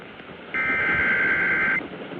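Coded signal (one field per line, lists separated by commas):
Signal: Emergency Alert System (SAME) tones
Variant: header bursts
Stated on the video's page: Real EAS alert tones.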